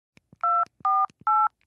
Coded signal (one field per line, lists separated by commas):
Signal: DTMF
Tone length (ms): 220 ms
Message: 248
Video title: Phone dial tone sound effects & Dolls